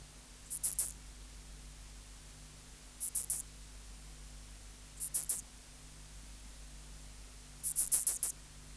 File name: Pholiodoptera fallax